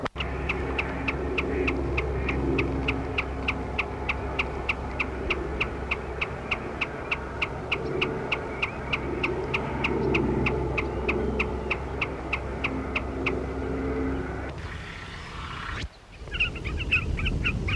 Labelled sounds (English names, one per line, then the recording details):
Common Snipe
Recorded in the wild
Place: Schweinsberg, DE
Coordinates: 50.765, 8.9675
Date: 1964-04-22
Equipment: Uher Report 4000, AKG D190
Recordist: Krey, Winfried